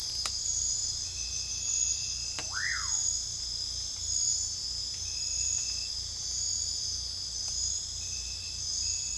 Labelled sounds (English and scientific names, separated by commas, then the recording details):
Common Pauraque (Nyctidromus albicollis)
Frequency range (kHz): Common Pauraque (Nyctidromus albicollis) 0.4-2.5 kHz
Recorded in secondary vegetation near Puerto Asís, Putumayo, Colombia, on 16 December 2024 at 23:00
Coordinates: 0.499, -76.323
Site G010